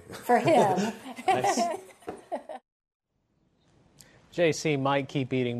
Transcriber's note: laughter